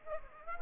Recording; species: mosquito wingbeat signal from an infrared sensor; Aedes aegypti